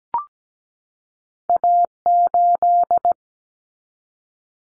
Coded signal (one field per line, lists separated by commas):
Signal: Morse code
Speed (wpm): 17 wpm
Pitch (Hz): 700 Hz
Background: none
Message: A8